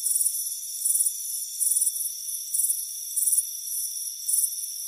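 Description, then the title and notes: Crickets chirping with bright, trilled bursts, roughly six across the stretch, over a continuous thin whine. Crickets chirping on a warm afternoon on a front porch, a soothing sound. "Soothing Crickets Chirping Sound. It's a warm afternoon as you relax in a hammock on the front porch. Relax and fall asleep to the soothing sound of chirping crickets. Deep Sleep Sounds"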